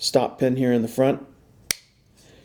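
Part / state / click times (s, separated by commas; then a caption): folding knife blade lock engaging in the handle / seated / 1.7 s. Someone talks, then the blade of a Voyager XL Tanto serrated-edge folding knife is opened and its Tri-Ad lock engages against the stop pin in the handle with a single sharp snap at 1.7 s. The lock seats, firm as a bank vault door.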